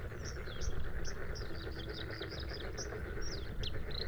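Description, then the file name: Bluethroat song of clear high chirps and whistled notes in quick succession, over a low rumbling background. Recorded at Sha Cheng Wetland, Hebei, China, on 5 May 2025 at 06:10; three bursts of song separated by fades. "2025-05-05-0610-Bluethroat- three-bursts-of-song-separated-by-fades-Sha Cheng-Wetland-Hebei"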